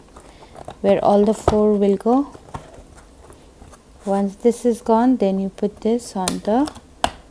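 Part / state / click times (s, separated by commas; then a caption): plastic stand piece onto pen stand base / not seated / none. Someone talks while handling a plastic stand piece and fitting it onto a pen stand base, with faint handling noises between the words. The part is not yet home, and nothing has seated or clicked yet.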